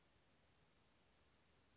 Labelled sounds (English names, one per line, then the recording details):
Western Flycatcher
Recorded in Sonoma County, California